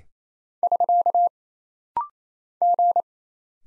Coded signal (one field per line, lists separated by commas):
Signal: Morse code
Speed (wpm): 27 wpm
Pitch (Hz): 700 Hz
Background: none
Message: <SK> G